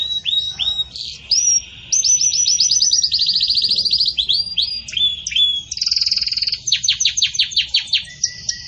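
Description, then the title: Belgian canary pouring out high whistled notes, quick repeated upswept chips and rolling trills, changing tour every second or two with short gaps. Belgian canary breed, pure "campainha" song style with pauses, for training. "Canto Canário Belga Campainha Puro Com Pausa Para Treinamento"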